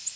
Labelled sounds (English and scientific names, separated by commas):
Ovenbird (Seiurus aurocapilla) flight call